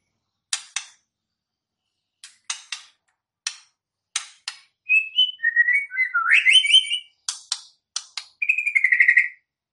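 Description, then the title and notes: White-rumped shama song, with dry clicking notes repeated, then a rich run of varied whistles and a trilled whistled phrase at the end. Song used as a lure for trapping birds (pikat); voice described as strong (mantap). "MB Pikat Jitu.. Suara Mantap. murai batu"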